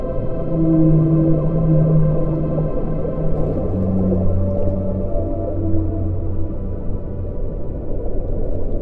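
Whale song: low sustained tonal units follow one another against a dense background of low underwater rumble.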